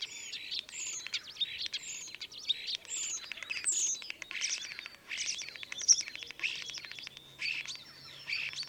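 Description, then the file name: Common starling song, a dense run of buzzy rattles, clicks and whistled squeaks tumbling on continuously with little pause. "life dviete. sturnus vulgaris"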